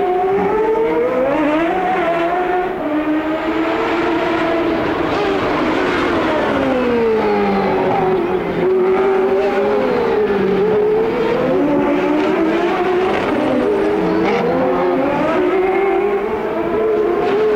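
IndyCar race cars roar past steadily, engine pitches rising and falling as several cars overlap in a dense, continuous drone with revving swells.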